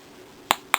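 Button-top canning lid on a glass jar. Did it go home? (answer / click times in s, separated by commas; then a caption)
no / none. A button-top canning lid on a small glass jar is pressed, giving two sharp clicks at 0.5 and 0.7 seconds as the button flexes. The clicking shows the lid did not seal.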